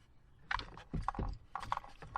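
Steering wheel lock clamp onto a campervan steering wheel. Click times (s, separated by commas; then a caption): 1.1 s, 1.6 s, 1.7 s, 2.2 s. A metal steering wheel lock is pushed up tight onto the rim of a campervan steering wheel until its ratchet clamp clicks into the locked position. Sharp metallic clicks sound at about 1.1, 1.6, 1.7 and 2.2 seconds over low rumbling handling noise. The clamp seats and locks the wheel.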